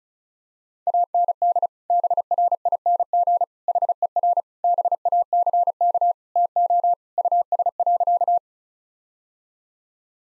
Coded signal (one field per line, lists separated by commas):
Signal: Morse code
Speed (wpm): 36 wpm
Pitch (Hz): 700 Hz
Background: none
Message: AND BRING HER BACK TO US.